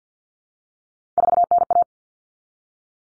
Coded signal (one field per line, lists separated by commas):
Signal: Morse code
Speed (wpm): 50 wpm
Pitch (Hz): 700 Hz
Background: none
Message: 4NA